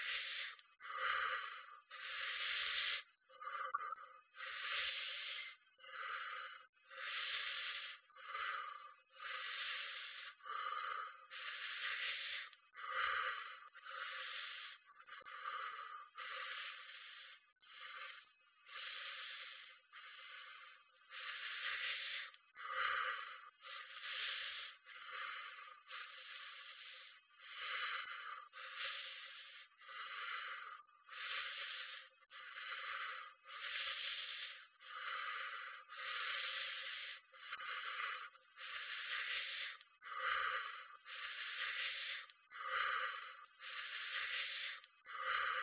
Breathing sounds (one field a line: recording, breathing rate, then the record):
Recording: paced breathing near a phone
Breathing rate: 24 breaths a minute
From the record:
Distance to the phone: 40 cm